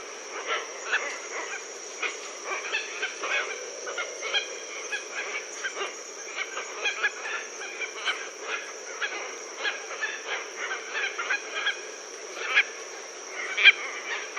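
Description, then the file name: Red-tailed tropicbird calls: harsh, rasping squawks repeated irregularly from several birds, overlapping in a steady chorus with a constant high hiss throughout. "phaethon rubricauda"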